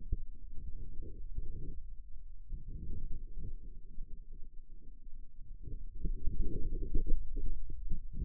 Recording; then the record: forearm muscle sounds (acoustic myography)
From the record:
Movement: radial deviation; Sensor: system 2, bracelet of six BSWA MPA416 microphones around the upper forearm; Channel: 5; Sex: male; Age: 22 years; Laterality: right